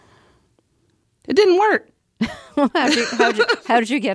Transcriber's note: laughter